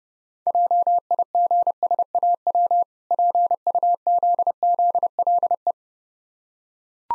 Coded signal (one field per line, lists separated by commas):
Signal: Morse code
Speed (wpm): 30 wpm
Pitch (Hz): 700 Hz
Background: none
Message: JIGSAW PUZZLE